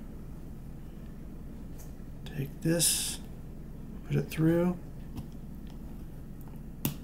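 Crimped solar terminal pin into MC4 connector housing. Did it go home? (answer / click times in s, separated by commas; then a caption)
yes / 6.8 s. A crimped metal terminal pin is pushed through the back of a plastic female MC4 solar connector housing until it locks. Someone talks while a short, sharp click is heard at 6.9 seconds as the pin seats in the housing.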